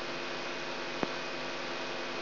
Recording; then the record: brain microelectrode recording played as sound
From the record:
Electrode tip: outside the subthalamic nucleus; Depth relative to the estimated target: -1 mm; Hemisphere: right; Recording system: AlphaMap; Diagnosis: Parkinson's disease